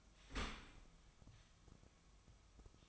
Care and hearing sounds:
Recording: daily activity, microphone in the room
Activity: open dishwasher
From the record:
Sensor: 1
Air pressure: 1004.8 hPa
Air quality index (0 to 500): 105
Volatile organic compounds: 3 ppm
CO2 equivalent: 1439 ppm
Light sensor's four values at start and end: 9/22/8/9 and 9/22/8/9

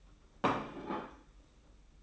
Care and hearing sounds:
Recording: daily activity, microphone in the room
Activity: place plate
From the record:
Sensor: 1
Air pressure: 991.8 hPa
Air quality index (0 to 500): 166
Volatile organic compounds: 1000 ppm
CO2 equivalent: 6256 ppm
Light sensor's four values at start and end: 29/99/38/39 and 29/98/38/39

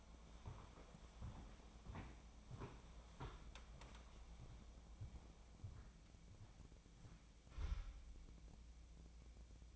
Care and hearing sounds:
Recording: daily activity, microphone in the room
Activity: walk to room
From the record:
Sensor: 1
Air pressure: 999.9 hPa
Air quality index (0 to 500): 127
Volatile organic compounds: 2 ppm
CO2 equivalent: 1207 ppm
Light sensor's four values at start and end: 41/104/44/54 and 42/104/44/55

